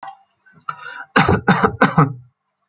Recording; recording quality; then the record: shallow voluntary cough; excellent, no background noise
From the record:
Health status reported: healthy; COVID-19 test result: not tested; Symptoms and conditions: none ticked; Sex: male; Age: 21 years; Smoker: not ticked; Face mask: not worn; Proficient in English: yes